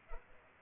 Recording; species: mosquito wingbeat signal from an infrared sensor; Culex pipiens